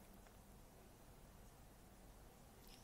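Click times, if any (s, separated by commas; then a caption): none. A plastic retaining bolt is handled over the antenna of a RadioLink AT9S/AT9S Pro transmitter, about to be pushed into the transmitter case. Only faint, steady low-level handling noise is heard. Nothing has seated or clicked yet.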